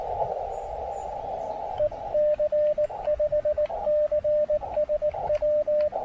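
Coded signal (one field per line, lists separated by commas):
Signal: Morse code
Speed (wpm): 18 wpm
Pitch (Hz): 600 Hz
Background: radio noise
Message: EC5CSW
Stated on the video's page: QRP CW park activation with rough propagation and interference, working DX.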